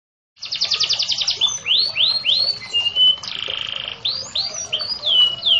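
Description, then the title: Canary song: a short rapid trill, then separate rising and falling whistled notes, a buzzy rattle in the middle, and more swept whistles. Local canary singing its cengkok song variations; a lively singer. "Cengkok Kenari Mewah. kenari lokal gacor"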